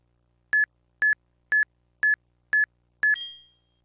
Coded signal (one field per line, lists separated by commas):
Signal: none